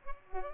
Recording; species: mosquito wingbeat signal from an infrared sensor; Culex pipiens